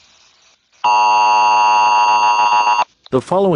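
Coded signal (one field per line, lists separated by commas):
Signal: Emergency Alert System (SAME) tones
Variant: 853 and 960 Hz attention tone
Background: speech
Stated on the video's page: Parody EAS scenario, not a real alert.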